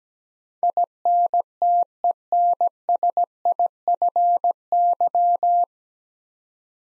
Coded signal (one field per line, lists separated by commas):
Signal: Morse code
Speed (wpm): 17 wpm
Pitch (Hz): 700 Hz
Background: none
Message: INTENSIFY